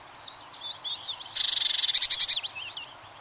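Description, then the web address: Eurasian blue tit giving a quick, pulsing high trill of about one second, with thin twittering notes before and after. "bbc Bird Song Site Blue Tit - Mesange (tit)"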